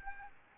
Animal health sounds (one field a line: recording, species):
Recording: mosquito wingbeat signal from an infrared sensor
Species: Aedes albopictus